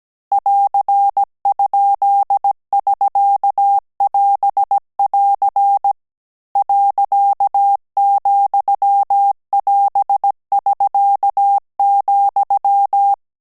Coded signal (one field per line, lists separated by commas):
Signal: Morse code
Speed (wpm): 17 wpm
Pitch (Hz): 800 Hz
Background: none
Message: <AR>?<SK><AS><AR> .,<AS><SK>,